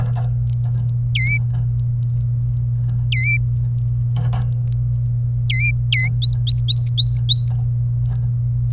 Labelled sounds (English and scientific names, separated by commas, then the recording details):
Domestic Canary (Serinus canaria) song
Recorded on 27 April 2018 at 15:23
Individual llb3